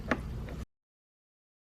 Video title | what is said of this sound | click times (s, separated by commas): 2006-2013 Mercedes-Benz S-Class W221 Door Control Module Replacement | and then just slide these on until they click | 0.1 s